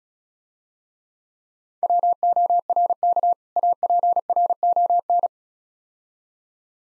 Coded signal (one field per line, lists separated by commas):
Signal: Morse code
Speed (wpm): 36 wpm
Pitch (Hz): 700 Hz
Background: none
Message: WORK APRON